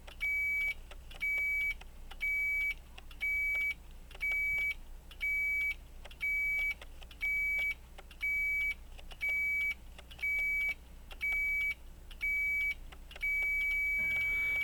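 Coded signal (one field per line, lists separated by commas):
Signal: beep code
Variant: chronometer contact beeper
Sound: high steady beeps once per second, about 13, then one long continuous beep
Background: clicks and low hum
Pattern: 13 short, 1 long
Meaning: One beep each second, with a long beep at the 60 / 0 second mark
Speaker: Usually when you get to 60 or 0, you get the long beep.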